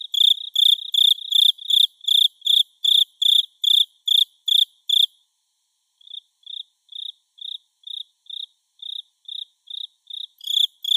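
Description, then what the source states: Cricket chirping in loud, regular pulses, breaking off midway before a softer cricket continues the same steady rhythm and the louder one resumes. Natsu-no-tsuzuresase cricket, recorded in summer.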